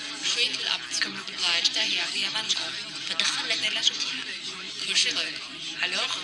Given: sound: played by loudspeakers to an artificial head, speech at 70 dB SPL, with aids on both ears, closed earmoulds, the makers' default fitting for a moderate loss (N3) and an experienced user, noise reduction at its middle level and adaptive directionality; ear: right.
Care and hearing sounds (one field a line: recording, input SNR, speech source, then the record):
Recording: speech test signal (ISTS) in cocktail-party noise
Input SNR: -3 dB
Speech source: on the right (90 degrees)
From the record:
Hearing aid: class 1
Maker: B